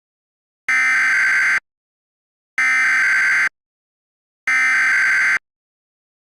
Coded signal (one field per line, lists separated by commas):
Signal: Emergency Alert System (SAME) tones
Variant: header bursts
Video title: Hanazuki: Full Of Treasures Full EAS Scenario